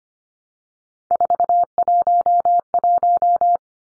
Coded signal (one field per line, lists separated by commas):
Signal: Morse code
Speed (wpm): 25 wpm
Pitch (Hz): 700 Hz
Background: none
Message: 411